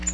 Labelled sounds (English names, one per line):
Black-throated Green Warbler flight call